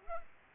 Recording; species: mosquito wingbeat signal from an infrared sensor; Culex pipiens